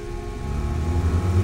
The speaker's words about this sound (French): La voiture démarre.